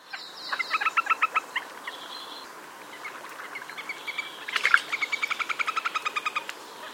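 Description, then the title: Little grebe trilling: a short burst of rapid high notes, a pause with faint chatter, then a longer, louder run of evenly spaced whinnying notes. "Tuffetto"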